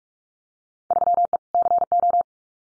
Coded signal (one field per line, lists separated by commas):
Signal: Morse code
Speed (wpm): 46 wpm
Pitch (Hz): 700 Hz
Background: none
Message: 3E CO